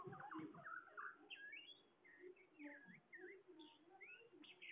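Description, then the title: Bird chirps and twittering notes, busy and uneven, over a low droning hum. "SuaraBurung Kicau"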